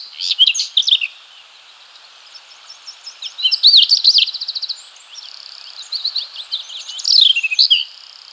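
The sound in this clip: Whinchat song made of quick, crackling, warbled phrases, with short bursts of high chattering notes and small gaps between them.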